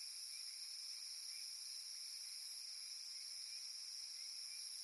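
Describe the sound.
Cicada: a constant high shrilling, several bright tones held evenly, with a slight shimmer in the lowest band.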